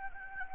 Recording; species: mosquito wingbeat signal from an infrared sensor; Anopheles gambiae